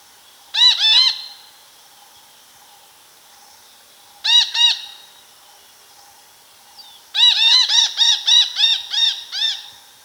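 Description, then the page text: Red-breasted parakeet calls: harsh, harmonic squawks in short clusters, then a rapid run of many screeches near the end. "Red-Breasted Parakeet Calls. Quick Sounds"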